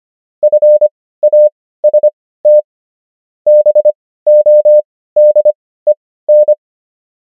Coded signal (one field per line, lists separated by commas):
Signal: Morse code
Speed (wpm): 25 wpm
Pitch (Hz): 600 Hz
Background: none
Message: FAST BODEN